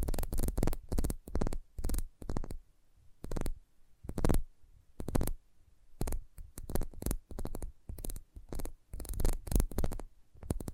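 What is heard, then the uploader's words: Sensitive tapping comes in quick clusters of sharp, crisp hits, with short pauses between bursts. Each tap is brief and full-bodied, reaching from a dull low thud up to a bright click. The rhythm is irregular, sometimes rapid rolls, sometimes single strikes, over near silence. Sensitive Tapping.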